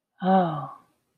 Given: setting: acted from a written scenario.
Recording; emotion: vocal sound without words; awe